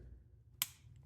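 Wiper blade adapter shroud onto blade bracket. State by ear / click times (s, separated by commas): seated / 0.6 s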